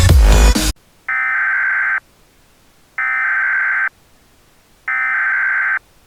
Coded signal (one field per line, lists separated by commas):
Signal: Emergency Alert System (SAME) tones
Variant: header bursts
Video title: (EAS Scenario) Lost Equestrian Couple on Earth